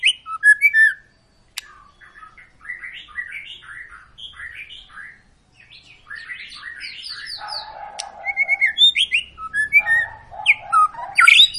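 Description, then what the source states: White-rumped shama singing a varied stream of slurred whistles and chattering notes, picking up into loud rapid phrases toward the end. Long, energetic lure song used to prompt other birds to sing.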